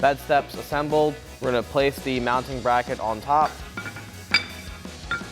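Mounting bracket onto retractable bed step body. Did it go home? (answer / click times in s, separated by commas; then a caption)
yes / 4.3 s. A metal mounting bracket is placed on top of the body of a RedRock retractable bed step for a 2024–2026 Toyota Tacoma during assembly and locks into place with a sharp click at 4.3 s. Someone talks over background music for the first part of the clip, and softer knocks come at about 3.8 s and 5.1 s.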